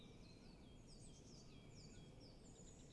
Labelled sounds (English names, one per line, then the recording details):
Eurasian Blue Tit
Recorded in Germany
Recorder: ecoPi